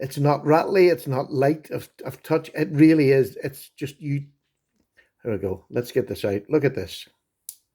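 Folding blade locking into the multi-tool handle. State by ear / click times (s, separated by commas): seated / 7.5 s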